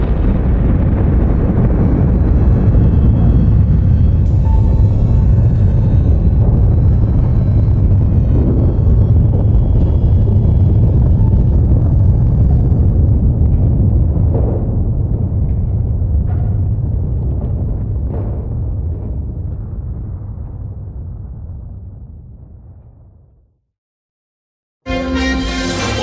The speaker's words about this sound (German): Die Welt blickt nach Japan auf die Explosion im Atomkraftwerk Fukushima. Dach und Wände des Reaktors sind eingestürzt.